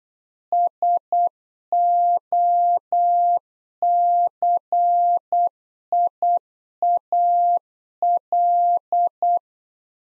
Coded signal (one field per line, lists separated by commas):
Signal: Morse code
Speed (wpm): 8 wpm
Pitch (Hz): 700 Hz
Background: none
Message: SOCIAL